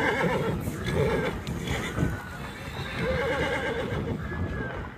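Horse neighing, quavering whinnies against a noisy background.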